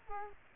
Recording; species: mosquito wingbeat signal from an infrared sensor; Culex quinquefasciatus